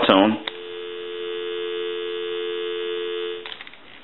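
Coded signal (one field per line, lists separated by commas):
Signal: telephone call progress tone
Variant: North America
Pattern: dial tone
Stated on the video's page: Telephone tones heard while checking out and repairing a Western Electric Trimline telephone.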